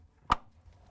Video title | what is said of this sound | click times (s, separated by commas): How To: LG/Kenmore Fan Motor 4681JB1027C | want to make sure you plug them in so you hear them snap and get a good connection | 0.3 s